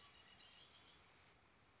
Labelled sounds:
Red-winged Blackbird

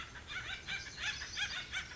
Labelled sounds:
Pacific Wren

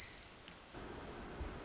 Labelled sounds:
Pacific Wren

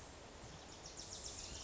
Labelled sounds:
Wilson's Warbler

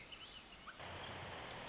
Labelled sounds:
Pacific Wren

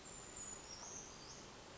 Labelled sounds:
Brown Creeper

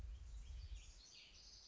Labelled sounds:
House Wren

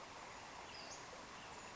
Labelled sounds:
Western Flycatcher

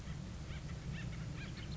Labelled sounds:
Acorn Woodpecker

